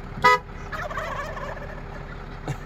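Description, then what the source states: Turkey gobble, a quick rattling burst that comes right after a short car horn toot; a soft click near the end. Springtime; male toms gobbling in response to a car horn honk.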